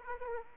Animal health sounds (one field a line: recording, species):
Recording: mosquito wingbeat signal from an infrared sensor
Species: Aedes aegypti